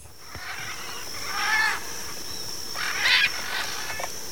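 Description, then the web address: Military macaw giving harsh, raspy squawks, two louder ones about one and a half seconds apart, over a steady high-pitched whine in the background. Recorded in Ecuador. "Birds of Ecuador. Military Macaw"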